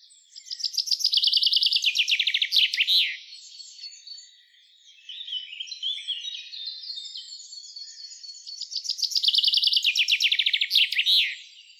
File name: Fringilla coelebs